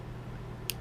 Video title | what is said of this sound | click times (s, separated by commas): A Raccoon performs a t:slim X2 Cartridge and Site Change | until it clicks, and then it's on. | 0.7 s